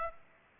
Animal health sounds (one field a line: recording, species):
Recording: mosquito wingbeat signal from an infrared sensor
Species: Aedes aegypti